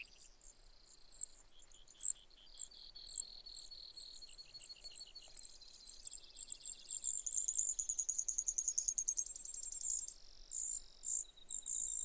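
Brewer's sparrow song, fainter: scattered high chips leading into long varied buzzy trills that change speed and pitch, with quiet background hiss.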